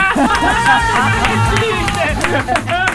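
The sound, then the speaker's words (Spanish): A canned applause effect played after a joke: a steady wash of crowd cheering and clapping, with overlapping voices whooping over scattered claps, loud and continuous for a few seconds. “El único chiste con aplauso falso.”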